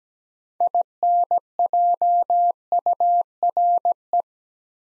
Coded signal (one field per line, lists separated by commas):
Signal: Morse code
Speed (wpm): 17 wpm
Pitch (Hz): 700 Hz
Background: none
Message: INJURE